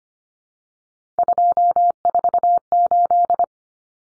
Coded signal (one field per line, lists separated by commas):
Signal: Morse code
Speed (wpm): 25 wpm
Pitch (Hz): 700 Hz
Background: none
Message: 248